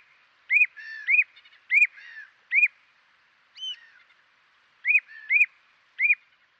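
Bird calls: bright, arched whistled notes repeated in uneven bursts, mixed with lower buzzy chatter and one higher, softer note near the middle.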